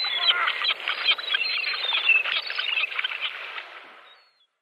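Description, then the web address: Iceland gull calls, a dense run of harsh, mewing and squealing notes repeated rapidly for about four seconds, then fading away. Calls of an immature bird. "Schulze Peter Iceland Gull calls immature"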